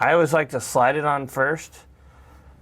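Someone talks while handling a plastic air line tube and a tee fitting for a Demco Air Force One flat tow brake system for RVs with air brakes on a 2023 Ford F-150, sliding the tube on first before pushing it in. After the talking, only faint, low background sound remains. Nothing has seated or clicked yet.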